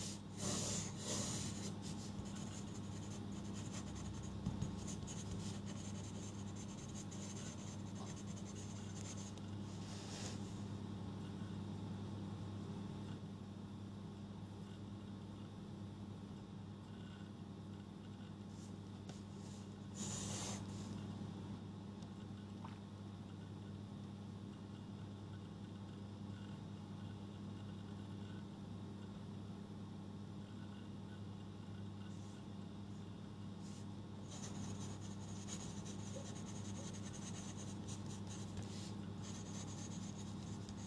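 Someone goes through notes and rewrites them, with short bursts of scratching and paper rubbing near the start, around 10 and 20 seconds, and again near 35 seconds. A steady low hum runs underneath the whole time.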